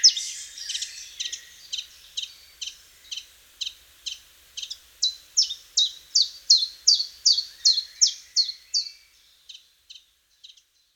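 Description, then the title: Common chiffchaff song of rapidly repeated sharp, high notes, louder in the second half, then ending with a few soft, quiet notes. "Sylvain Jaskowiak - Mes piafs. Pouillot véloce"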